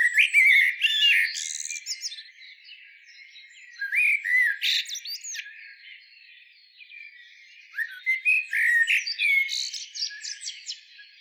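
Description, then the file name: Eurasian blackbird song: loud fluting phrases with scratchy high endings at the start, near four to five seconds, and again from eight seconds, with quiet gaps between. "Turdus merula"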